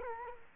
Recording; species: mosquito wingbeat signal from an infrared sensor; Culex quinquefasciatus